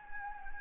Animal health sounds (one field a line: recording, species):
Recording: mosquito wingbeat signal from an infrared sensor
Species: Anopheles gambiae